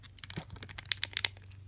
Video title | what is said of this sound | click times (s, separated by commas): Marvel Select Disney Store Exclusive Thor Review | of have to force someone there and then you'll hear it click there | 0.9 s